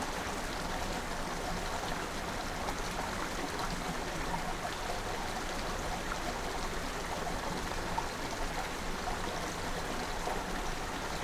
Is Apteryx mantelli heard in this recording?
no